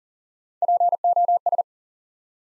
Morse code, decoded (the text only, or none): POS